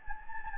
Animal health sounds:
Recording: mosquito wingbeat signal from an infrared sensor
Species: Anopheles gambiae

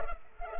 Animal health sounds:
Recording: mosquito wingbeat signal from an infrared sensor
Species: Culex pipiens

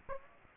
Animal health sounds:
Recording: mosquito wingbeat signal from an infrared sensor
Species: Aedes aegypti

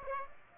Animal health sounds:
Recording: mosquito wingbeat signal from an infrared sensor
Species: Aedes aegypti

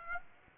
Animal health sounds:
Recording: mosquito wingbeat signal from an infrared sensor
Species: Aedes aegypti

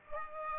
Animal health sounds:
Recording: mosquito wingbeat signal from an infrared sensor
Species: Aedes aegypti

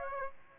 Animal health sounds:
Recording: mosquito wingbeat signal from an infrared sensor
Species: Aedes aegypti

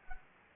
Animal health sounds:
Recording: mosquito wingbeat signal from an infrared sensor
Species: Anopheles gambiae

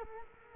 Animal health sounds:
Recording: mosquito wingbeat signal from an infrared sensor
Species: Culex quinquefasciatus

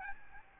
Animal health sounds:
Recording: mosquito wingbeat signal from an infrared sensor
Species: Aedes albopictus

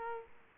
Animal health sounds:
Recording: mosquito wingbeat signal from an infrared sensor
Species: Aedes aegypti

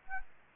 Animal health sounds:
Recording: mosquito wingbeat signal from an infrared sensor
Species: Anopheles arabiensis

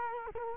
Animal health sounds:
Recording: mosquito wingbeat signal from an infrared sensor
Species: Culex quinquefasciatus

